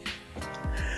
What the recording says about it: You got the worst best cough ever. The best sick cough. It'll be natural and real. That's just a little rattle. Blame it on that asthma.